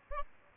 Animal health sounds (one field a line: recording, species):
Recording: mosquito wingbeat signal from an infrared sensor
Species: Aedes albopictus